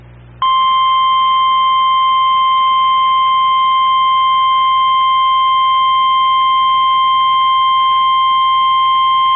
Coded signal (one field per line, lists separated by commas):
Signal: Emergency Alert System (SAME) tones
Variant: 1050 Hz attention tone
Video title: (EAS #126) KEC95 Tornado Warning